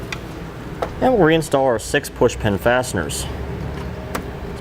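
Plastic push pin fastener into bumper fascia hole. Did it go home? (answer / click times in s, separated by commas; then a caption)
yes / 4.2 s. Someone talks while a plastic push pin fastener is reinstalled into a bumper fascia hole on a 2013 Nissan Frontier during a Blue Ox base plate kit installation. The pin's center is pushed in, and a short, sharp click at 4.2 s marks the fastener seating in place.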